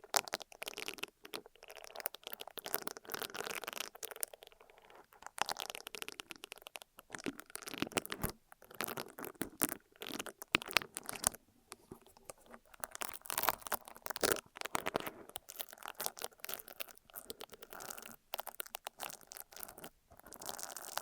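Ear massage and cleaning sounds, made of dense scratchy rubbing and crinkly crunching that comes in irregular bursts. The texture is bright and crackly, with brief quiet gaps around 5, 8 and 11 seconds before the rubbing resumes steadily.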